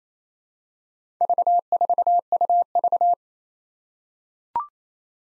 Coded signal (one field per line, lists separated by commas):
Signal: Morse code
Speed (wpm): 27 wpm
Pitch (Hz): 700 Hz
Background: none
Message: V4UV